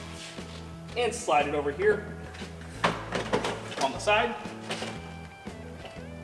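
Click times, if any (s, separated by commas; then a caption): none. A removed rip fence from a SawStop Jobsite Saw PRO is slid onto its storage spot on the side of the saw while someone talks over background music. Sliding scrapes and a sharp knock at 2.8 s, then a softer one at 3.5 s, are heard as it is handled. The fence has not seated or locked into place yet.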